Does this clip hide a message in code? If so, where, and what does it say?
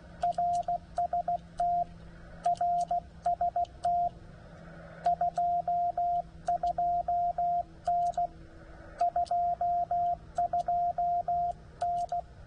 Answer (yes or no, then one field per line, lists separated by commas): yes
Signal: Morse code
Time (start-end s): 0.2-12.2 s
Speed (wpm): 16 wpm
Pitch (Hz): 700 Hz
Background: radio noise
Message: RST RST 22N 22N